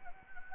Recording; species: mosquito wingbeat signal from an infrared sensor; Anopheles gambiae